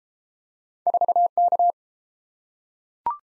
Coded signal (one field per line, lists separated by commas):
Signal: Morse code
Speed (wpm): 31 wpm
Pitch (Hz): 700 Hz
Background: none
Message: 4K